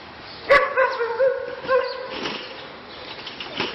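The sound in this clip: Samoyed dog giving a few short, tonal whines in the first two seconds, then quieter noise.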